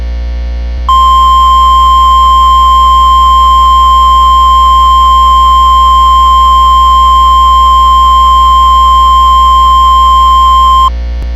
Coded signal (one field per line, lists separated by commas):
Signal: Emergency Alert System (SAME) tones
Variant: 1050 Hz attention tone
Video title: EAS Severe Thunderstorm Warning Near Cordele